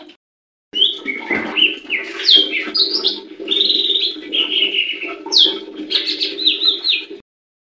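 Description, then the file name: Leafbird song, a long run of varied, rapidly changing whistles and slurred chirps, with a constant low hum in the background. "cucak-hijau-mini omkicau"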